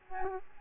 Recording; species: mosquito wingbeat signal from an infrared sensor; Aedes albopictus